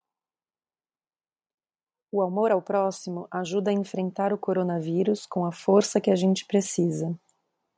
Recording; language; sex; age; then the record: spoken sentence; Brazilian Portuguese; female; 30 to 39 years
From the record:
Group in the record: control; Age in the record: 38 years